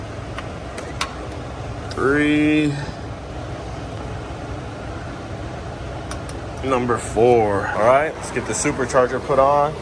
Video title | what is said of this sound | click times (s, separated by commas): ZL1 Fell Off The Tow Truck Onto The Dyno | Two. You want to hear that click? | 1.0 s